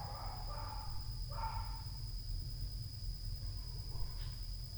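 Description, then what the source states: Dog gives a few quick rough barks near the start, then fainter single yaps, against a persistent deep rumble and an even high-pitched hum. Loud dog at night.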